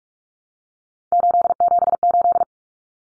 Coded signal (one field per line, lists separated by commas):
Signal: Morse code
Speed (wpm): 44 wpm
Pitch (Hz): 700 Hz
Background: none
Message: 878